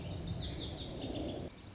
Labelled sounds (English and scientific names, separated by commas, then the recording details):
Lazuli Bunting (Passerina amoena)
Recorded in Sonoma County, California